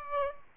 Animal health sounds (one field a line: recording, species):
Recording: mosquito wingbeat signal from an infrared sensor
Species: Aedes aegypti